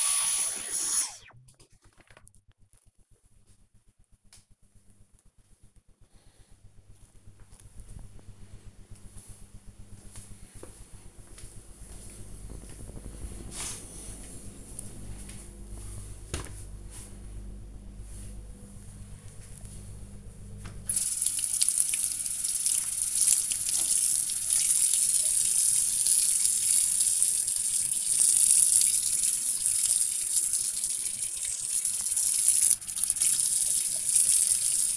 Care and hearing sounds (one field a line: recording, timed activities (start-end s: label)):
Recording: household activities, microphone on the right wrist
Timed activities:
0.00-1.10 s: vacuum cleaning
19.17-34.97 s: washing dishes